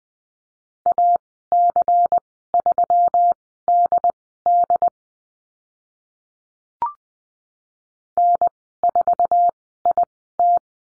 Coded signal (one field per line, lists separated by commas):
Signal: Morse code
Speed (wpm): 20 wpm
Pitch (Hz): 700 Hz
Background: none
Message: AC3DD N4IT